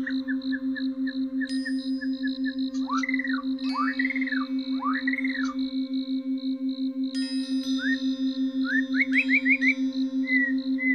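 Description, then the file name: Oriental magpie-robin song with short chirps, arched whistled slurs and a quick run of rising notes, backed by a constant pulsing mechanical hum and tone. "kacer"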